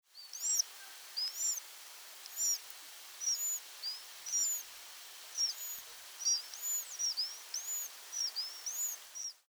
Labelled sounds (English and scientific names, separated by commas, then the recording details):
Common Sandpiper (Actitis hypoleucos)
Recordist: Frommolt, Karl-Heinz
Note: Rufe und Klicklaute im Ei